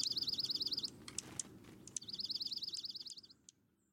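Dark-eyed Junco, two quick musical trills of rapidly repeated high notes, each lasting about a second, with sharp clicks between them.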